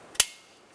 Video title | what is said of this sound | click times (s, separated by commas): How to Replace Engine Knock Sensor 2000-2006 Toyota Tundra | the connector push until you hear a click | 0.2 s